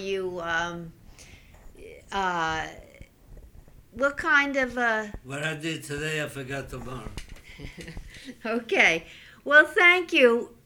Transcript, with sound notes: Were you, what kind of a...
What I did today I forgot tomorrow.
( she laughs ) Okay. Well, thank you.